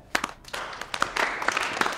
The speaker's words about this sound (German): Applaus für Coach Brewer, Leute.